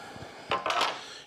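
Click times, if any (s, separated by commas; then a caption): 0.5 s. An adhesive grip pad is pushed into the slot on the underside of a Festool track saw guide rail. A sharp snap sounds at 0.5 s, followed by a few lighter clacks and rustling around 0.7–0.9 s. The pad is seated in the rail.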